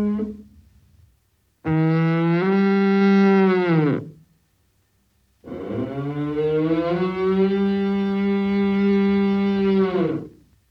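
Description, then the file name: Moose moaning: a fading call tail, then two long, deep calls, the second nearly five seconds long, with quiet pauses between them. "Лось"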